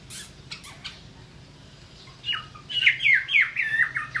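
Chinese hwamei song: after a quiet start, a quick run of loud slurred whistled notes, each bending in pitch, repeated rapidly to the end.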